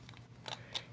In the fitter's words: it just rests in there there's no way to actually pay it in